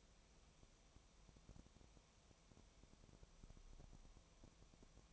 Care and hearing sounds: daily activity, microphone in the room; no activity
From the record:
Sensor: 1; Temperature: 19.4 degrees Celsius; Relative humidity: 35.7%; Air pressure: 1003.3 hPa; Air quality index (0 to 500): 113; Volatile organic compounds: 2 ppm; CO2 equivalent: 1260 ppm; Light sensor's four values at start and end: 1/2/1/1 and 1/2/1/1

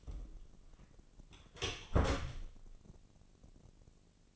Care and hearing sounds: daily activity, microphone in the room; close door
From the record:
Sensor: 4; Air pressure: 1013.2 hPa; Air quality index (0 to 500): 179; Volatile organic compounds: 2 ppm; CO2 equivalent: 1125 ppm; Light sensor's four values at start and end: 95/237/97/102 and 68/165/70/69

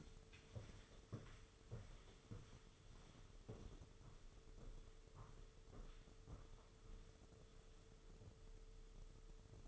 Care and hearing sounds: daily activity, microphone in the room; walk to room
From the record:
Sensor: 4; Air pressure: 995.2 hPa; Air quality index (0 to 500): 202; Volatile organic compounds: 162 ppm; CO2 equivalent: 4072 ppm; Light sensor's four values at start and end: 26/84/31/32 and 25/84/31/32

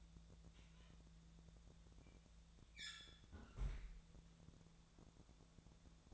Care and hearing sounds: daily activity, microphone in the room; close fridge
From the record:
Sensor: 3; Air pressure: 1000.0 hPa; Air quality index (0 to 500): 126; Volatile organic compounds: 2 ppm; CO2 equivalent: 1132 ppm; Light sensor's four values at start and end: 39/100/42/47 and 40/101/43/47

